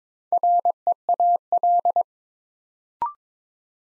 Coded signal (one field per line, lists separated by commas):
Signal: Morse code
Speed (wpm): 22 wpm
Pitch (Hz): 700 Hz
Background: none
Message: REAL